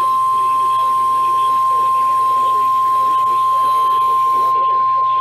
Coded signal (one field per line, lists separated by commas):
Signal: Emergency Alert System (SAME) tones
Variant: 853 and 960 Hz attention tone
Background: speech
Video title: NOAA Radio (EAS # 297-313) SVR's, TOR's, TOA's